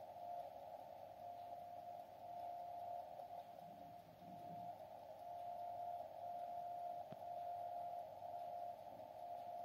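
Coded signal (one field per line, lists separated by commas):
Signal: radio time signal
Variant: JJY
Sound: steady beat tone around 700 Hz with subtle level changes, static hiss and one click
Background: radio static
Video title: 60 kHz JJY rtl-sdr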